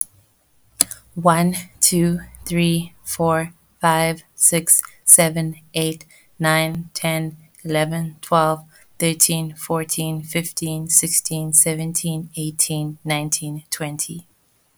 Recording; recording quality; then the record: counting at a normal pace; excellent, no background noise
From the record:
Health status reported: healthy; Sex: female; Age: 31 years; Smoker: no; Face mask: not worn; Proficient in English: yes